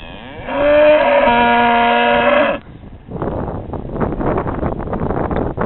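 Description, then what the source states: Bull bellowing, one long loud harmonic bellow lasting about two seconds and dipping slightly in pitch, followed by rough rumbling and rustling noise. Angry bull.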